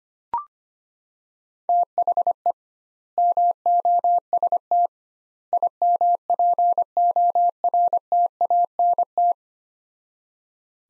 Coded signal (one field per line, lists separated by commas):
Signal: Morse code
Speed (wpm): 25 wpm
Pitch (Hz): 700 Hz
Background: none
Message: THE MOST IMPORTANT